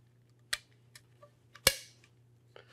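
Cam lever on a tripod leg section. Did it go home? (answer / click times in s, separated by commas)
yes / 0.5 s, 1.7 s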